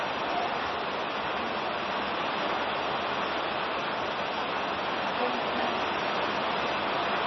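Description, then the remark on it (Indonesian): Heavy rain pours down during an Islamic study gathering, a steady, dense hiss that never lets up, a constant wash of noise with no distinct drops or pauses and no voices. “Meskipun cuaca yang sedemikian lebatnya hujan, kita masih bisa menghadiri majelis ilmu seperti ini.”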